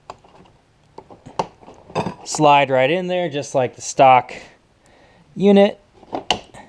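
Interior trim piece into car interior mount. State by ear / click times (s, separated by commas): seated / 6.3 s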